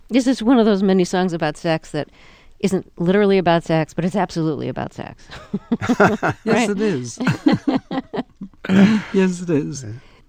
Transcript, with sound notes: This is one of those many songs about sex that isn't literally about sex, but it's absolutely about sex.
(LAUGHTER)
Yes, it is.
(LAUGHTER)
Yes, it is.